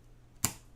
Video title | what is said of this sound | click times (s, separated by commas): How To Build a $700 Gaming PC | have one more here goes in just the same way and snap | 0.4 s